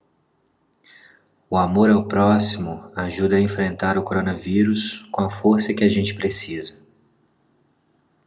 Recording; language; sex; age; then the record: spoken sentence; Brazilian Portuguese; male; 30 to 39 years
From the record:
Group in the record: control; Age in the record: 38 years